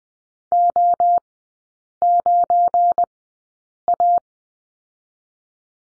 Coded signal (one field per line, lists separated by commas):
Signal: Morse code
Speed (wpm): 20 wpm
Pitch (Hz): 700 Hz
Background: none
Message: O9A